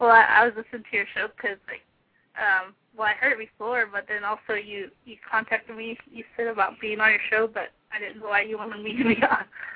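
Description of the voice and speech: An adult caller speaks fluently at an ordinary pace over a phone line, with normal pauses and a clear voice.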